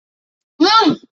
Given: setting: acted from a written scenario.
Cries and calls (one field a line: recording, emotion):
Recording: vocal sound without words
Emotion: negative surprise